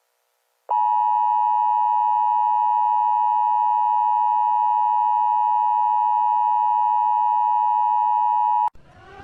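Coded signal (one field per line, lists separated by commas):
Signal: Emergency Alert System (SAME) tones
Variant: 853 and 960 Hz attention tone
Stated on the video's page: Fake mock EAS alert for a Hawaiian volcano warning.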